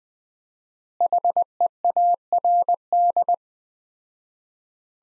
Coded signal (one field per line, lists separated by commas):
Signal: Morse code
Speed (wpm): 20 wpm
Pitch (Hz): 700 Hz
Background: none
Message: HEARD